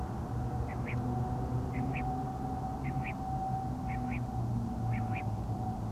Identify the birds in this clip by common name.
Common Quail